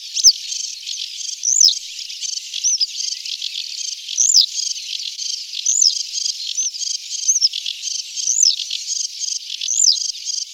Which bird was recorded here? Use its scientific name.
Motacilla flava